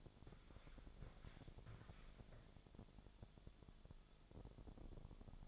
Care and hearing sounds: daily activity, microphone in the room; walk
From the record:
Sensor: 5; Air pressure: 1000.6 hPa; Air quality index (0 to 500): 141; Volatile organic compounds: 2 ppm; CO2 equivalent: 1100 ppm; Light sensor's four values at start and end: 49/114/48/50 and 49/114/47/50

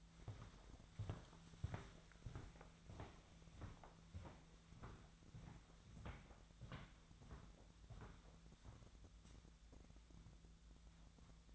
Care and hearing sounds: daily activity, microphone in the room; walk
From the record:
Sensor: 3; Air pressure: 1008.4 hPa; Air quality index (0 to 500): 194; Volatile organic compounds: 15 ppm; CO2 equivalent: 2494 ppm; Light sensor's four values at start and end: 20/49/21/22 and 20/48/20/21

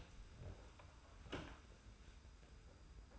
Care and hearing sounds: daily activity, microphone in the room; open door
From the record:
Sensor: 2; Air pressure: 991.4 hPa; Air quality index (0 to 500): 149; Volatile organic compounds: 416 ppm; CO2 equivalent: 4698 ppm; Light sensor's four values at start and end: 31/92/36/34 and 31/92/36/34

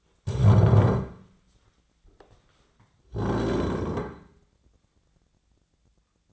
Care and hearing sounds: daily activity, microphone in the room; stand up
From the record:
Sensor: 3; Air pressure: 1009.2 hPa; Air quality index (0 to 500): 185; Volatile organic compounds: 3 ppm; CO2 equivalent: 1494 ppm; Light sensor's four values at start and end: 48/123/54/54 and 36/93/41/42

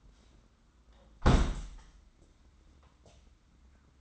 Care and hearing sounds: daily activity, microphone in the room; close window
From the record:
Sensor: 3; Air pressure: 994.3 hPa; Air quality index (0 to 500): 207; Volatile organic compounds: 1000 ppm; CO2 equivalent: 6932 ppm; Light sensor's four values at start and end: 115/272/112/107 and 111/267/109/103

